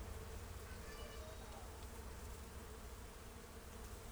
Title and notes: Isny im Allgäu: Hunderte von Bienen im Efeu einer Garagenbegrünung. 13. August 2009, 17:25: Hunderte von Bienen hatten sich im Efeu einer Garagenbegrünung versammelt und summten um die Wette